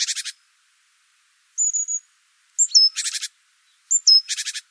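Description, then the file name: Great tit giving high thin whistled notes, some sliding downward, and rasping churr bursts of three or four pulses, with silent gaps between. "Parus major"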